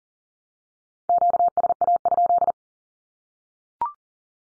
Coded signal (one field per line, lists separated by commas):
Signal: Morse code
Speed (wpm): 40 wpm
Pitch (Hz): 700 Hz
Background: none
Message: QSA?